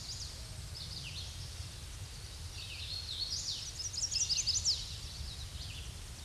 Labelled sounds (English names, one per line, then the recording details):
Hooded Warbler song
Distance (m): 30 m
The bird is about 20 m above the microphone
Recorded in a Pennsylvania forest on 16 May 2024 at 07:38
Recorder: AudioMoth, point MSD-2208
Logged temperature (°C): 15.2 °C
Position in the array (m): 164 m, 103 m